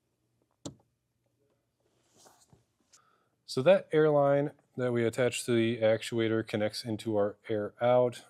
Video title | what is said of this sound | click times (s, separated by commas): etrailer - Installing the Demco Air Force One Flat Tow Brake System on a 2024 Ford Bronco | Push it in until it clicks. | 0.7 s